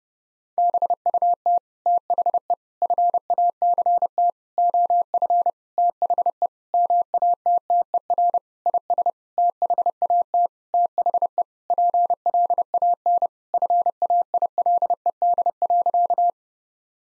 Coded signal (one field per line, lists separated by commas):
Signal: Morse code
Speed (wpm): 30 wpm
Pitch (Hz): 700 Hz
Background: none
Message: BUT THE FACT OF THE MATTER IS THAT THE PLAN FAILED.